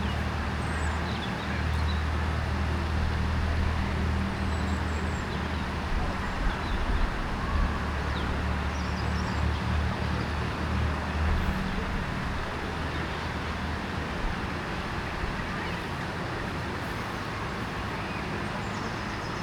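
A distant fountain hisses steadily in a city park, with a low engine hum under the first twelve seconds and faint voices and chirps above.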